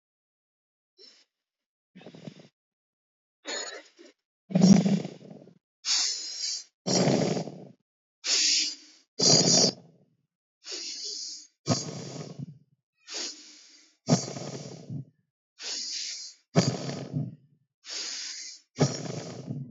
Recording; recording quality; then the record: deep breathing; excellent, no background noise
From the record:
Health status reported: healthy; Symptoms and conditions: none ticked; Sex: male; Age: 34 years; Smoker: not ticked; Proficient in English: yes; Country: India